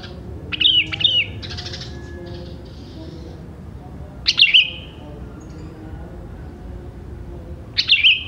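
Sooty-headed bulbul singing short bubbly chirping phrases that end in a brief falling whistle, repeated every three to four seconds.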